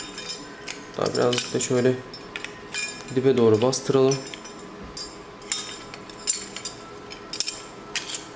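Someone talks while pressing the spring and plastic pieces a little further down into the door check arm (limiter) of a Renault Latitude / SsangYong car door, a repair meant to stop the door from rattling and let it hold firmly at each detent. Light metallic clinks and a few sharp ticks are heard during the handling. Nothing has seated or clicked home yet.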